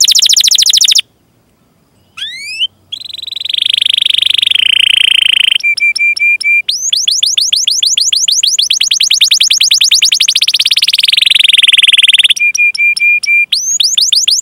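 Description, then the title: Canary song in varied phrases: fast chirps, a pause, rising notes, a rolling trill, level repeated whistles and long runs of rapid sweeping notes. Gacor (vigorous singing) canary with cengkok (melodic turns) and isian (varied fill phrases), for bird-song training. "Kenari Gacor Cengkok Isian Kenarigacor Kicaumania Kenari"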